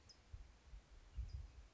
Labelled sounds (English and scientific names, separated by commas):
California Towhee (Melozone crissalis)